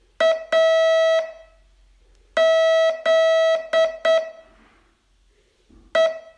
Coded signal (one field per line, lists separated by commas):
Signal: Morse code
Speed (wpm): 8 wpm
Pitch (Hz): 650 Hz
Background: none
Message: A Z E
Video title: Learn Morse in 42 Days from VU2LAU - day 24